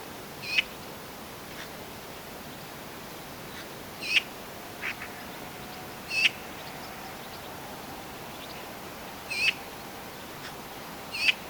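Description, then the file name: Eurasian magpie giving short, sharp single calls, spaced irregularly from under one to about three and a half seconds apart, six notes in all, over a steady background hiss. "Pica pica"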